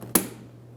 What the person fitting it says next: Audible click from that.